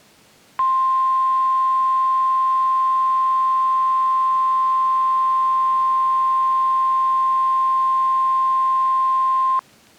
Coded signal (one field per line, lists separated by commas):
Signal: Emergency Alert System (SAME) tones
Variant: 1050 Hz attention tone